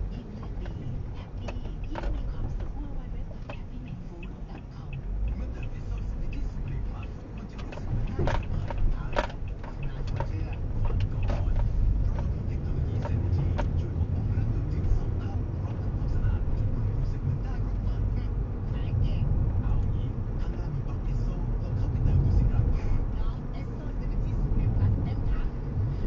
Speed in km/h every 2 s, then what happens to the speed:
3, 6, 6, 3, 3, 6, 17, 9, 10, 12, 22, 37, 38.
0-8 steady at about 3. 8-11 speeds up to 17. 13-26 speeds up to 38.